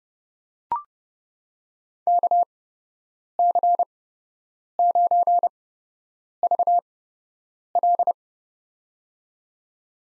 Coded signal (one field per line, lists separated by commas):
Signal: Morse code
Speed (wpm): 31 wpm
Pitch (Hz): 700 Hz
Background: none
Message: KC9VL